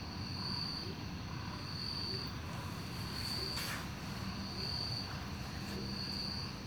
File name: Coro de grilos no parque beija flor a noite com passos na grama, passaro e morcego